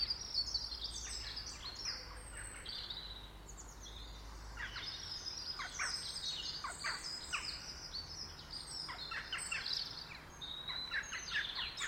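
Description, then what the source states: Bird song: busy, overlapping high chirps and sharp downward notes from several birds throughout, with a low rumble in the first few seconds. In a garden.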